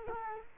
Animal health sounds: mosquito wingbeat signal from an infrared sensor; Culex quinquefasciatus

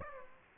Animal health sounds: mosquito wingbeat signal from an infrared sensor; Aedes aegypti

